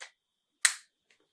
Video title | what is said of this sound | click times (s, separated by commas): Xiaomi Mijia Kablosuz Araba Yıkama Makinesi | Çıt sesini duyduğunuzda bu görmüş olduğunuz aparatı bağlamış oluyorsunuz. | 0.7 s